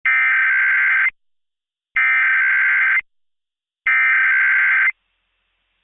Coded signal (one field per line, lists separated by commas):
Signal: Emergency Alert System (SAME) tones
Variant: header bursts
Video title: 2019 EAS Test